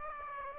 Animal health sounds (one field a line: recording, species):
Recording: mosquito wingbeat signal from an infrared sensor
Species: Aedes aegypti